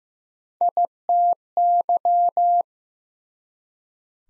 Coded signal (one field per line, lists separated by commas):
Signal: Morse code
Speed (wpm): 15 wpm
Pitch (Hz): 700 Hz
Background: none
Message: ITY